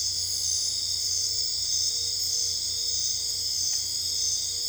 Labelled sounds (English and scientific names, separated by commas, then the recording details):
none
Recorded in dense forest near Puerto Asís, Putumayo, Colombia, on 26 December 2024 at 01:30
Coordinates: 0.485, -76.318
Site GP03